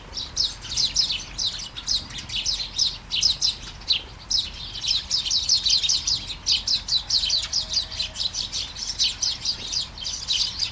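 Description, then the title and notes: Sparrows chirping continuously, many quick overlapping chirps forming a steady chatter over soft background hiss. Flying sparrows in a garden at Taastrup, Denmark, early morning during a light shower; recorded on a Sony PCM-D100 with internal mics. "Kærengen 8, 2630 Taastrup, Denmark - Flying sparrows. Flying sparrows in the garden, early morning. Light shower. Vols de moineaux dans le jardin, au petit matin. Pluie fine"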